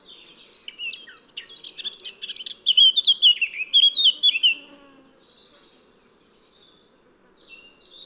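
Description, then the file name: Eurasian blackcap song: a lively, rapid warble that swells into ringing whistled notes, followed by soft, scattered high twitters. "Sylvia atricapilla"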